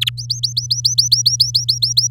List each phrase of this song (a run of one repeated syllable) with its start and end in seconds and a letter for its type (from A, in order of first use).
0.01-0.10 A, 0.17-2.11 B